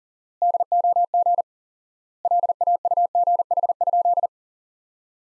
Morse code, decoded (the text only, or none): DOG LAUGH?